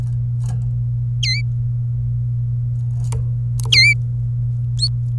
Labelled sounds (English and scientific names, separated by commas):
Domestic Canary (Serinus canaria) song